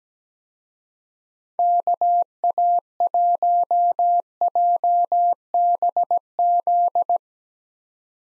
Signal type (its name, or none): Morse code